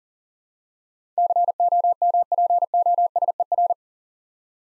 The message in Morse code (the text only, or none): COMPOSER